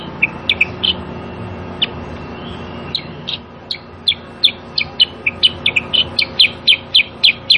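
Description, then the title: Sooty-headed bulbul chirping, a quick cluster of short bright notes, a few spaced notes, then a steady rapid series, over low background hum. Recording of a singing, energetic sooty-headed bulbul used as a tutor to train cage birds to answer and copy its song. "Masteran Kutilang Sutra. Kutilang Sutra mana YANG GAK NYAUT dan IKUT BUNYI GACOR dengan suara Kutilang Sutra Super GACOR Ini"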